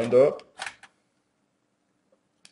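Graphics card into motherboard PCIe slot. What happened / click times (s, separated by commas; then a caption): The card is resting in the slot, not yet pressed in / none. A graphics card is set into the grooves of a motherboard PCIe slot and lined up with the back panel, but not yet pressed down. Someone talks briefly at the start, followed by soft handling rustles around 0.6 and 0.8 seconds and a faint tick near 2.5 seconds. Nothing has seated or clicked yet.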